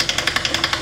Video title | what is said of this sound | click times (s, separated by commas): Interior Supply (220712-2) | hear the clicking that is a slip clutch so it doesn't drive a lifter over so you can't hold the button down it | 0.1 s, 0.2 s, 0.3 s, 0.4 s, 0.5 s, 0.6 s